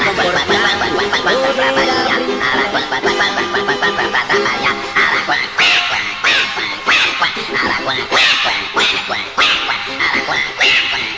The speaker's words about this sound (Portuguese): Como viram, o Araquã saiu de lá do coqueiro e atrapalhou toda a festa com seu enorme berreiro.